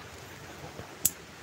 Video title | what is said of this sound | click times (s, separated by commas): HOW TO REPLACE THE FUEL INJECTOR CONNECTORS OR PLUGS ON COROLLA 9TH GENERATION 01-07 #corolla9thgen | push it in and you should hear a click | 1.1 s